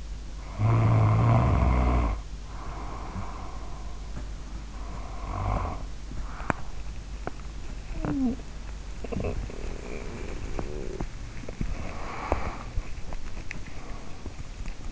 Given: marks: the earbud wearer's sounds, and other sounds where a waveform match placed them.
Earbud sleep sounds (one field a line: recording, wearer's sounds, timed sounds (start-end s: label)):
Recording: sounds in sleep by an in-ear microphone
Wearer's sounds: snoring breath, body movement, teeth grinding, talking in sleep, swallowing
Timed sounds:
0.30-3.84 s: snoring breath
4.70-6.62 s: snoring breath
6.38-14.91 s: body movement
6.87-7.67 s: teeth grinding
7.84-8.47 s: talking in sleep
13.24-14.36 s: swallowing